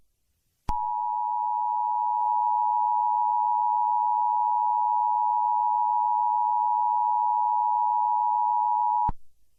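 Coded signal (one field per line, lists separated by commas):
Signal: Emergency Alert System (SAME) tones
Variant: 853 and 960 Hz attention tone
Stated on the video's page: Fictional EAS scenario/mock.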